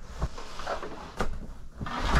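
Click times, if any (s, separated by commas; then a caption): none. A fold-out sofa bed mechanism in a 2019 Prevost Marathon motorcoach is being folded back up into a couch. Short knocks come at about 0.2 s and 1.2 s, with a longer rattling shift at 1.9 s. The mechanism has not yet snapped into its locked position.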